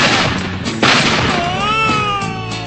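A single sharp gunshot cracks out over a busy, noisy background, followed by a wavering, high-pitched wail that rises and falls like a cat's meow.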